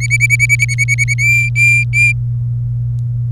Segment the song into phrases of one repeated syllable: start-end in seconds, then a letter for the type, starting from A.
0.00-1.14 A, 1.18-2.12 B